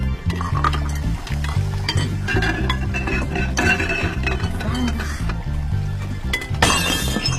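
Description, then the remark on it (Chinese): Dishes clatter and clink during washing, then a sharp crash as a dish breaks and shatters, ringing bright and loud over a steady background of music. “快，先刷碗。”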